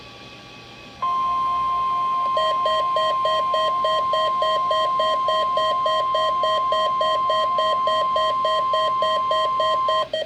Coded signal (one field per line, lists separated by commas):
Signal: Emergency Alert System (SAME) tones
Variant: 1050 Hz attention tone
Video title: SOMETHING DOESN'T FEEL RIGHT... | EAS Alerts from June 29, 2022 (EAS #1,234-1,236)